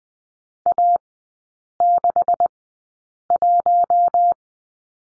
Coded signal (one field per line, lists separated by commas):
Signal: Morse code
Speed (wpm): 20 wpm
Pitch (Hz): 700 Hz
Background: none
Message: A61